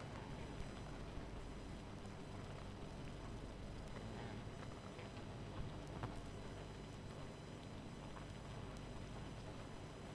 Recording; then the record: honeybee colony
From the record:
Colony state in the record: missing queen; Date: 14 July 2017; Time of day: 21:53